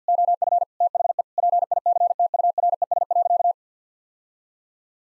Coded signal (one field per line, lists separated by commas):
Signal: Morse code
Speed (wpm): 50 wpm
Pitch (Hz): 700 Hz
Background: none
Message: OF THE PICTURES.